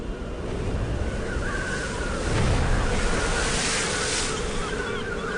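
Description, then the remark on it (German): Steady roaring surf washes and crashes against rocks, a broad rushing noise that swells louder midway before easing, with wind buffeting throughout and no voices. “Die Brandung schlägt gegen die Felsen.”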